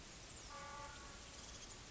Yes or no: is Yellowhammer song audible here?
no